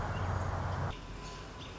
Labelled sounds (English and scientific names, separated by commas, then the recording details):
American Robin (Turdus migratorius)
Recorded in Sonoma County, California